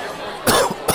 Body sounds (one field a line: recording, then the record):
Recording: coughing mixed with background sound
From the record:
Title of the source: Coughing 79